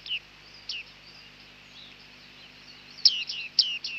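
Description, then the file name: Bearded reedling calls, two spaced downslurred 'ping' notes, a quiet pause, then three loud pings in quick succession. "Bearded Tit (Panurus biarmicus)"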